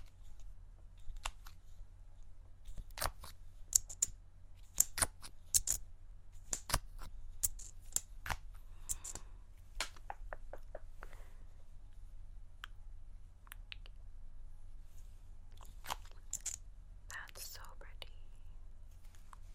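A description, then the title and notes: Crisp makeup sounds: sharp clicks and taps come in quick irregular bursts, busiest in the first half, with a few soft brushing swishes near the middle and end. A low, steady hum sits underneath throughout. ASMR Makeup Triggers.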